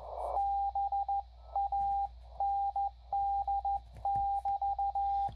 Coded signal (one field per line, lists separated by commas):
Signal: Morse code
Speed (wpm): 13 wpm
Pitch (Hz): 800 Hz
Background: radio noise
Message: BAND<BT>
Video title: QRPP 650mw CW QSO with NO8C in Ohio 40m